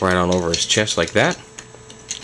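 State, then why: Seated. A plastic chest armor piece is slid over an action figure's chest while someone talks, and it clicks into place at 2.1 s. Small ticks come just before and after the seating click.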